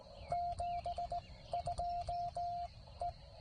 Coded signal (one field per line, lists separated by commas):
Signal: Morse code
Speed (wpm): 17 wpm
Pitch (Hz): 700 Hz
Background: none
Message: 72 E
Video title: Penntek TR54L "Skinny" Maiden voyage. POTA Activation